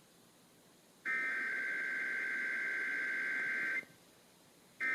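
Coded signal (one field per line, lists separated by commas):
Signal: Emergency Alert System (SAME) tones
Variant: header bursts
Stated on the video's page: Required Monthly Tests received on AM and FM broadcast stations, including originator stations.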